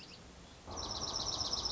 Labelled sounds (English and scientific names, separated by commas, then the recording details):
Dark-eyed Junco (Junco hyemalis)
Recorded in Sonoma County, California